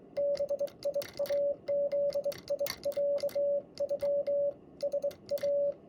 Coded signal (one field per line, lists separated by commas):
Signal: Morse code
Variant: Japanese Wabun code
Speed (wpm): 23 wpm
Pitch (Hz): 570 Hz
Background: radio noise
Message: バイブロノ ライ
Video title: Vibroplex bug key “Lightning Bug”QOD6 Japanese Morse code.